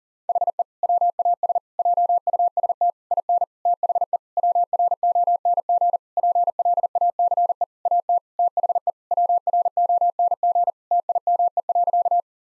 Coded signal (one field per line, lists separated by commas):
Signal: Morse code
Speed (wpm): 40 wpm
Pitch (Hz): 700 Hz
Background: none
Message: HE WAS JUST IN THE WRONG PLACE AT THE WRONG TIME.